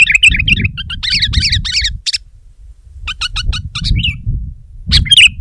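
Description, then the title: Sooty-headed bulbul giving rapid bursts of short, squeaky chirps in quick runs, pausing briefly midway, over a low background rumble. "kutilang"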